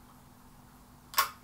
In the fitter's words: We'll make yours one click into place, actually. You should have heard that.